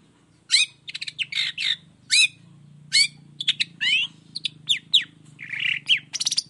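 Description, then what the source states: Long-tailed shrike song: varied whistled slurs, scratchy bursts and a buzzy note, over a low steady hum. Morning; gacor (vigorous full song) with a clear voice, 'toet toet' notes and varied sounds, said to be easy for any kind of shrike to imitate.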